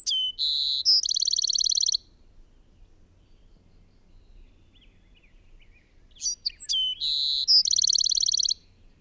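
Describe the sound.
Bird song: two similar phrases several seconds apart, each with sharp rising notes leading into a long, buzzy, rapid trill.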